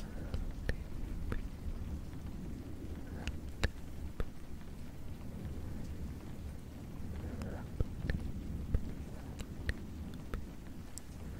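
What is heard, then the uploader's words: Steady soft rain patter with a low rumbling hush underneath, broken by sharp scattered drop taps every second or so, even. Fluffy mic. Rain.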